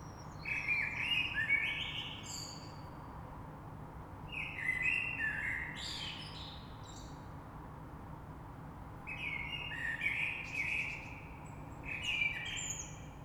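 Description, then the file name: Common blackbird singing four separate mellow fluting phrases, each closing with high thin twittering notes. Recorded 3 March 2020. "Rush Merle"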